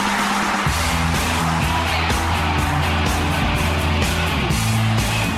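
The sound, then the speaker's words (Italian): A short, loud musical jingle introducing a radio traffic segment, with a bouncing bass line and shifting melodic notes, laid over a constant rushing roar of car and traffic noise throughout. “Questa cosa del traffico mi esalta, lo sai, Nogaro le Rocca, l'ho sentita tante volte da ascoltatore, mi gasa tantissimo.”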